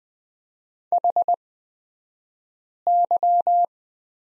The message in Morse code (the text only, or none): HY